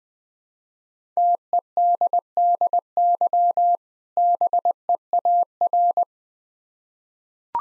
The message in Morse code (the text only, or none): TEDDY BEAR